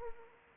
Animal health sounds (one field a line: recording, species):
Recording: mosquito wingbeat signal from an infrared sensor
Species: Anopheles arabiensis